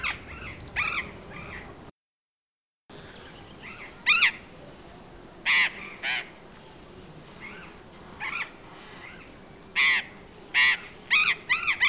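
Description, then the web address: Burrowing parrot harsh screeches and chatter, irregular single and paired calls throughout, with a brief silent gap early on. "parrots cyanoliseus-patagonus"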